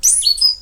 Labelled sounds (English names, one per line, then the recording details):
Stitchbird song
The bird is a male
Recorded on Tiritiri Matangi Island, New Zealand, in 2005
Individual 19, of nest box 27